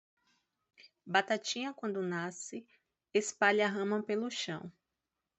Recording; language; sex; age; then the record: short text; Brazilian Portuguese; female; 20 to 29 years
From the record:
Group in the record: control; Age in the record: 28 years